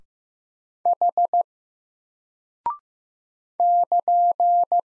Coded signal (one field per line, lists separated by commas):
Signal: Morse code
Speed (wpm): 15 wpm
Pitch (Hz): 700 Hz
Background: none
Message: H <KN>